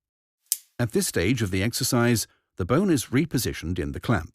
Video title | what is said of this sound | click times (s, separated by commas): Pilon Fracture | an audible click indicates that the limit of the torque has been reached | 0.5 s